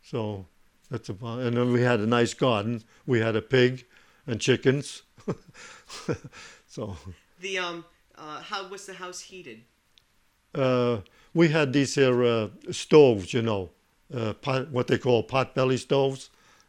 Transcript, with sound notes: So that's about it. And then we had a nice garden. We had a pig and chickens. ( he laughs )
The, how was the house heated?
We had these here stoves, you know, what they call pot-bellied stoves.